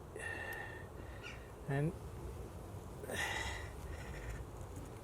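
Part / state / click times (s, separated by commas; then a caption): chain quick link joining a bicycle chain / not seated / none. A metal bicycle chain quick link is pressed together to join the chain on a bicycle converted to a 1x10-speed LTWOO A7 drivetrain, while someone talks. Steady buzzing tones run through the clip, with a short, louder sweeping sound around 1.7 to 1.9 seconds, but no sharp click stands out. The quick link has not clicked or seated yet.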